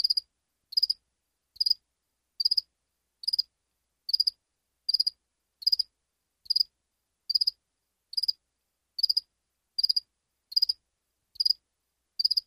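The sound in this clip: Cricket chirping: short high-pitched chirps of three or four quick pulses each, repeated steadily about every 0.8 seconds against otherwise silent background.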